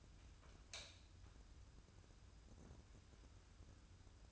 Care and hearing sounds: daily activity, microphone in the room; light on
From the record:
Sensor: 2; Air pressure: 994.3 hPa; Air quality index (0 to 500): 216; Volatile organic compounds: 1000 ppm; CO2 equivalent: 7147 ppm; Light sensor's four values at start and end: 130/310/130/135 and 138/336/141/146

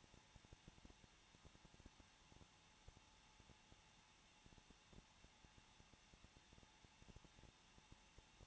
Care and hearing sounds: daily activity, microphone in the room; no activity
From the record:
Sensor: 1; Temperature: 20.0 degrees Celsius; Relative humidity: 39.4%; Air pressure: 1006.4 hPa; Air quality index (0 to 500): 219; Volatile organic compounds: 83 ppm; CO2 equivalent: 3629 ppm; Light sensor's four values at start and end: 1/2/1/1 and 1/2/1/1

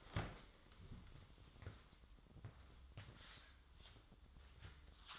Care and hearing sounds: daily activity, microphone in the room; stand up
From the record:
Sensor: 3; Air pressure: 1005.0 hPa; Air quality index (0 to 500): 83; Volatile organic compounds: 2 ppm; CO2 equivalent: 1274 ppm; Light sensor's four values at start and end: 9/21/9/8 and 7/15/6/6

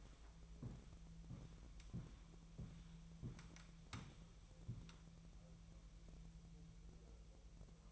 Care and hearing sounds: daily activity, microphone in the room; walk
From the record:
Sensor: 1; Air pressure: 1002.0 hPa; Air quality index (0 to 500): 238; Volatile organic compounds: 96 ppm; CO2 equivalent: 3729 ppm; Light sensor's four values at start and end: 9/21/8/10 and 8/19/8/9

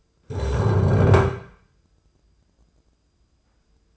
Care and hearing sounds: daily activity, microphone in the room; stand up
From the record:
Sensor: 2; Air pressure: 995.8 hPa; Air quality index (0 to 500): 241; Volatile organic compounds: 1000 ppm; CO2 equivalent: 5930 ppm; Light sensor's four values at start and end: 29/69/30/33 and 25/59/26/29

